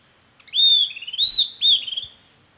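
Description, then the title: Songbird singing a short whistled phrase three times, each note sliding then breaking into a fast rattling trill, strong and clean against a quiet background. "LuckyPassaro Completos2Sama"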